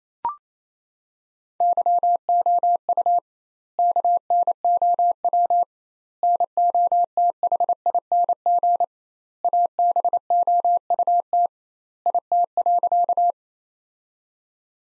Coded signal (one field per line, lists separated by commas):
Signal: Morse code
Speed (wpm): 27 wpm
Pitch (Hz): 700 Hz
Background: none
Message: YOU KNOW NOTHING ABOUT IT.